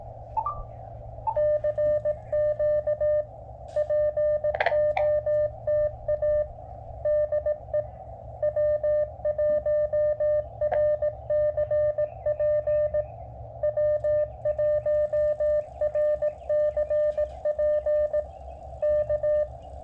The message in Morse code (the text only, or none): CQ POTA DE W1RCP W1RCP K